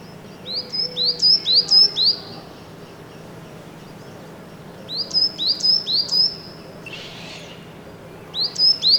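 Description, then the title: Great tit singing bright, high two-note phrases repeated about five times, then a pause and another series, followed by a brief soft rustle and the start of a third series. Seen with difficulty on a balcony; described as small and elusive; song called elegant and simple. "Mallarenga Carbonera"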